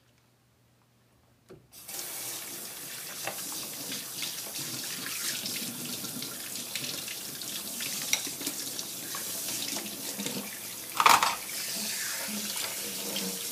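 While preparing katsuo tataki ramen, a tap turns on after a near-silent start and runs steadily, splashing, with a louder clatter near eleven seconds.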